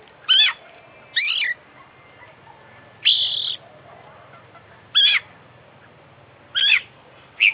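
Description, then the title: Oriental magpie-robin song of short harsh, squawky bursts spaced one to two seconds apart, six phrases with quiet gaps between them. Competition bird (kacer) described as an international champion, singing a full, complete set of fill-in phrases (isian); long-duration recording. "KICAU KACER JUARA INTERNASIONAL FULL ISIAN KOMPLIT DURASI PANJANG"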